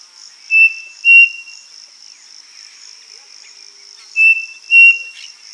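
Bird call: two pairs of thin, level whistled notes, the pairs several seconds apart, over a constant pulsing high-pitched insect trill.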